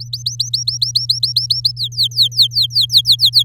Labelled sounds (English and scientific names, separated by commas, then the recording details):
Domestic Canary (Serinus canaria) song
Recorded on 7 May 2018 at 16:06
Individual llb16